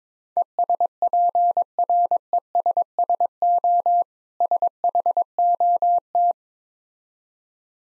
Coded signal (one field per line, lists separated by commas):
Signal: Morse code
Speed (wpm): 22 wpm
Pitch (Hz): 700 Hz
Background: none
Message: ESPRESSO SHOT